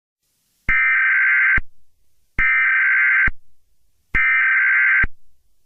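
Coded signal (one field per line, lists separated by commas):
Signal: Emergency Alert System (SAME) tones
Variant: header bursts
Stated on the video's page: Fictional simulated alert scenario.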